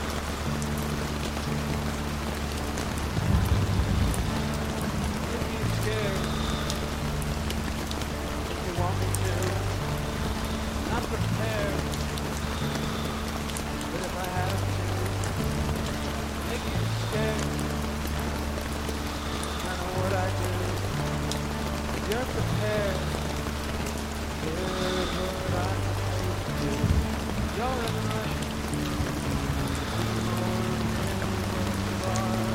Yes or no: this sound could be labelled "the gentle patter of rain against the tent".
yes